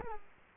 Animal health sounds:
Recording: mosquito wingbeat signal from an infrared sensor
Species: Culex quinquefasciatus

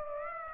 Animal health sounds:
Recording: mosquito wingbeat signal from an infrared sensor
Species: Aedes aegypti

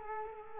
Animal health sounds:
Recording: mosquito wingbeat signal from an infrared sensor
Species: Culex quinquefasciatus

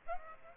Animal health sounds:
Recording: mosquito wingbeat signal from an infrared sensor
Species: Aedes aegypti

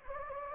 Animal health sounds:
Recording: mosquito wingbeat signal from an infrared sensor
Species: Anopheles gambiae

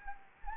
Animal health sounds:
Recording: mosquito wingbeat signal from an infrared sensor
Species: Anopheles gambiae

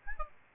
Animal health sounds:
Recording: mosquito wingbeat signal from an infrared sensor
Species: Aedes albopictus

